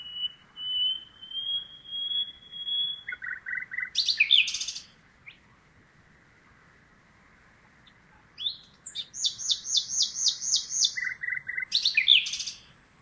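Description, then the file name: Common nightingale song in two phrases: a long high whistle with low chattering notes, then after a pause a rapid rhythmic string of repeated notes and a final flourish. "Luscinia megarhynchos"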